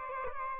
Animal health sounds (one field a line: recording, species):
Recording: mosquito wingbeat signal from an infrared sensor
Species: Aedes albopictus